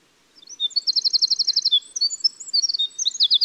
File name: Winter Wren